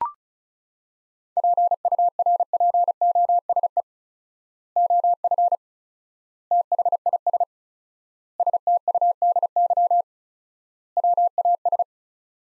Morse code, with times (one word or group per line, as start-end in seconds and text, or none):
1.4-3.8 PURPOSE
4.8-5.5 OF
6.5-7.4 THIS
8.4-10.0 STUDY
11.0-11.8 WAS